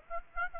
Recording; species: mosquito wingbeat signal from an infrared sensor; Aedes aegypti